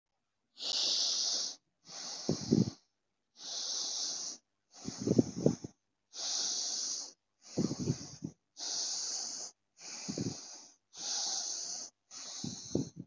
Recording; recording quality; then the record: deep breathing; excellent, no background noise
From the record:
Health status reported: healthy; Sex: female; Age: 27 years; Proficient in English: yes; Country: India